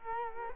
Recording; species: mosquito wingbeat signal from an infrared sensor; Culex quinquefasciatus